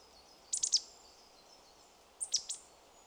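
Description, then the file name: Marsh tit giving two quick bursts of high, sharp chip notes, three each, separated by about a second and a half of quiet hiss. "Poecile palustris"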